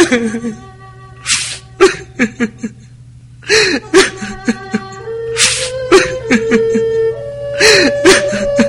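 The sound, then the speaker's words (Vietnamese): Muffled sobbing heard over a telephone comes in uneven bursts of sharp, gasping breaths and high, wavering whimpers, some drawn out, over a steady low hum with no words spoken. “Trong điện thoại lại vọng đến tiếng khóc rấm rứt.”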